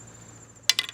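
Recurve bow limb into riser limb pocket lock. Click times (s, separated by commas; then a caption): 0.7 s. A recurve bow limb is pushed into the limb pocket of a metal Hoyt Formula XD riser with a new locking system. After a low steady background, one loud sharp click lands at 0.7 s, followed by two fainter clicks at about 0.8 s and 0.9 s. The limb seats in the riser lock.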